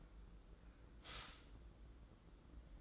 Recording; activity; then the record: daily activity, microphone in the room; stop toaster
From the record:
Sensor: 3